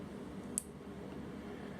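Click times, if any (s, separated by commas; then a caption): 0.6 s. A plastic RC car part is squeezed into its plastic holder and gives one sharp, bright click at 0.6 s, showing it has seated. A small screwdriver is used to push it in a little farther to make sure it is seated correctly. Apart from the click, there is only a low, steady background hum.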